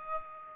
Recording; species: mosquito wingbeat signal from an infrared sensor; Aedes aegypti